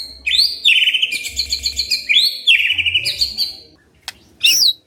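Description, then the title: White-rumped shama singing loud whistles and buzzy trilled phrases in quick succession. White-rumped shama whistling song, meant to make lazy shamas start singing. "PANCINGAN MURAI BATU. SIULAN MURAI BATU❗ PANCINGAN MURAI MALAS AGAR BUNYI"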